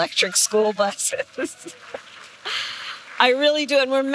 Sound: applause

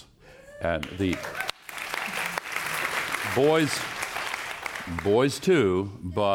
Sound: applause

